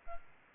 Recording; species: mosquito wingbeat signal from an infrared sensor; Aedes albopictus